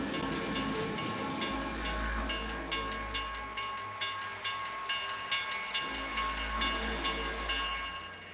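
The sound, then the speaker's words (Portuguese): A train rolls past a railroad crossing: a heavy low rumble with steady, rhythmic clacking of wheels over the rails and sustained tonal ringing above, loud throughout, with no voices. “Cruzamento de ferrovia.”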